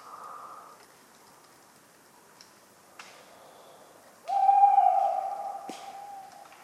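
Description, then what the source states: Tawny owl: after a quiet stretch with a couple of knocks, a long even hoot begins abruptly and slowly fades. Talkative bird on a cold autumn night, 11 November 1995, at the Ménigoute ornithological film festival, France; acorns falling regularly; the recordist fell asleep, mixing in his sleeping sounds.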